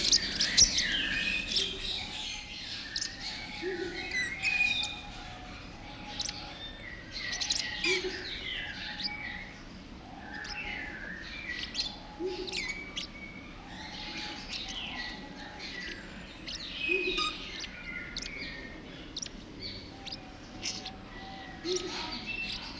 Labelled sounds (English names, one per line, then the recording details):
Mexican Parrotlet
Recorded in captivity
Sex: pair
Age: adult
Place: Zoo Berlin, Berlin, DE
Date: 1992-12-05 10:33
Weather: schwach sonnig, ca. 4°C
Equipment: Marantz CP 430, Sennheiser ME 80, Kopie Tesla B 116
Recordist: Tembrock, Günter
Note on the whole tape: Helle Lautfolgen von Paar mit Schnabelkontakt (ca. 50 cm)